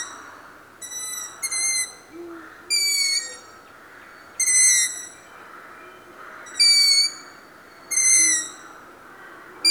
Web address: Long eared